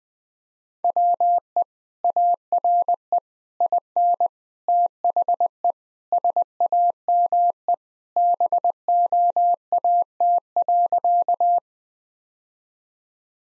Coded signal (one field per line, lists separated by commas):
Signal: Morse code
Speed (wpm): 20 wpm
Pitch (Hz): 700 Hz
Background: none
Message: WE ARE IN THE SAME BOAT.